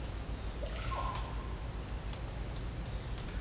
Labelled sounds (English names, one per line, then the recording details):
none
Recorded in dense forest near Puerto Asís, Putumayo, Colombia, on 21 December 2024 at 10:00
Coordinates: 0.481, -76.323
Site G100